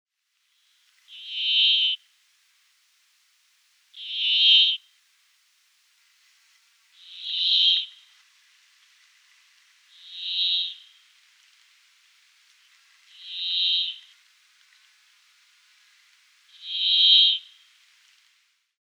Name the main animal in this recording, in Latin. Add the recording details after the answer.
Fringilla montifringilla. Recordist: Frommolt, Karl-Heinz. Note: Gesang